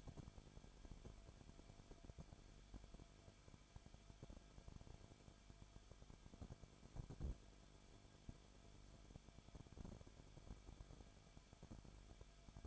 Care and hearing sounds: daily activity, microphone in the room; no activity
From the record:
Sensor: 5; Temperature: 20.3 degrees Celsius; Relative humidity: 39.8%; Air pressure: 1010.8 hPa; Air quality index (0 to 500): 165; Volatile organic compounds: 15 ppm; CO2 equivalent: 2501 ppm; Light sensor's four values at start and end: 2/3/1/1 and 2/3/1/1

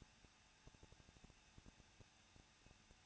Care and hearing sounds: daily activity, microphone in the room; no activity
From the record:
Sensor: 2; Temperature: 21.0 degrees Celsius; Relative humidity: 37.5%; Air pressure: 1006.3 hPa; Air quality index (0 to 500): 223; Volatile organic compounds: 25 ppm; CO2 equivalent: 2827 ppm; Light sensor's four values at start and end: 2/3/2/2 and 2/3/2/2

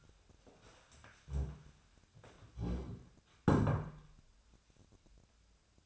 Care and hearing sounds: daily activity, microphone in the room; stand up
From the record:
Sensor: 2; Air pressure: 1015.1 hPa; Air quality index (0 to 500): 132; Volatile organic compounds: 5 ppm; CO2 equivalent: 1704 ppm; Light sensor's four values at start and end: 12/33/13/15 and 10/26/10/11

